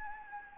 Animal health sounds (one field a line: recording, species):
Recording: mosquito wingbeat signal from an infrared sensor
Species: Anopheles gambiae